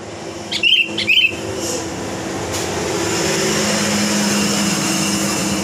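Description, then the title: Sooty-headed bulbul giving two quick bubbly notes close together before a rising roar of traffic or machinery takes over. "Kutilang"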